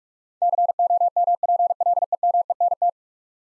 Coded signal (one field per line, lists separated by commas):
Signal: Morse code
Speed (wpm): 45 wpm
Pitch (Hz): 700 Hz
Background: none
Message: COMPLEMENT